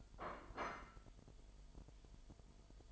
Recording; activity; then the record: daily activity, microphone in the room; place plate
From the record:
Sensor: 5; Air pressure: 1002.1 hPa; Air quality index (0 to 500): 224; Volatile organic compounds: 28 ppm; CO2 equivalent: 2909 ppm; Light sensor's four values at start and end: 10/24/10/11 and 10/24/10/11